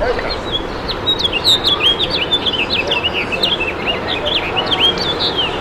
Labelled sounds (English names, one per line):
House Finch song